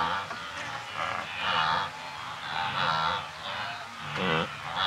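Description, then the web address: Wildebeest grunts: a run of buzzy, nasal honks rising and falling in loudness, with one deeper, lower grunt near the end. Several wildebeest grazing and grunting, with birds and insects in the background, in Kenya, Africa. "BBC Africa Kenya. wildebeest several grazing and grunting with birds and insects in background"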